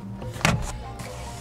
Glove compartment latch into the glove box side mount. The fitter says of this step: help yourself a little bit and it push it in you will hear the snap and